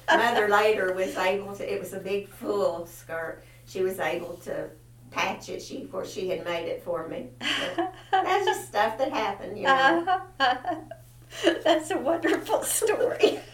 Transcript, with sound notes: Mother later was able to-- it was a big full skirt. She was able to patch it. She of course, she had made it for me. (Laughter) That's just stuff that happened, you know.
Uh-huh, uh-huh. That's a wonderful story.